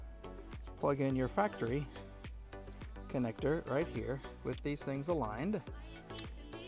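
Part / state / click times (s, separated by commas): factory wiring plug into upgrade module connector in a car trunk / seated / 6.2 s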